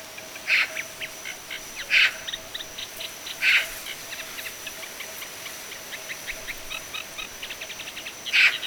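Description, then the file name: Eurasian magpie giving harsh, rasping single notes, four loud bursts at uneven intervals, over a steady background of faint rapid ticking and chirping. "Pica pica"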